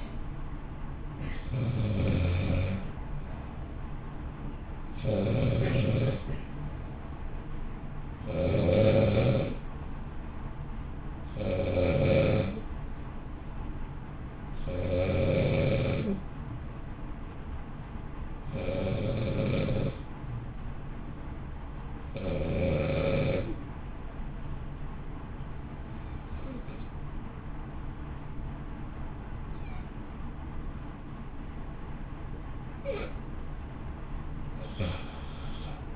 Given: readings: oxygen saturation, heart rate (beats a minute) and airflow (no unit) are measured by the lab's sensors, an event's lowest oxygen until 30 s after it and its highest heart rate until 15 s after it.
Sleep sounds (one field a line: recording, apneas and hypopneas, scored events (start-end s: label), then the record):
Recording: breathing in sleep by a smartphone at the bedside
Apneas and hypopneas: 1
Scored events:
5.00-18.80 s: hypopnea (N1, oxygen 94% highest, then 92% lowest, heart rate 57 at the start, 59 highest)
5.00-35.96 s: new sleep stage, N1 (lightest sleep)
From the record:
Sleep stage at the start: N2 (light sleep)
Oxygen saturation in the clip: 92 to 94%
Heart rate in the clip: 54 to 59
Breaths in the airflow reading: 14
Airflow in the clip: -0.5 to 0.7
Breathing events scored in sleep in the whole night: 328 in 6.3 hours asleep